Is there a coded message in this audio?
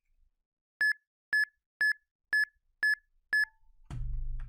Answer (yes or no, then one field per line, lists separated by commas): no